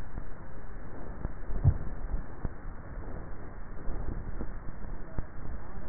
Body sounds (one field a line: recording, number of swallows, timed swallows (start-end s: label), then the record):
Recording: swallowing sounds by neck microphone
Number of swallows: 2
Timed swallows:
1.52-2.52 s: swallow
3.95-4.55 s: swallow
From the record:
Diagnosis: dysphagia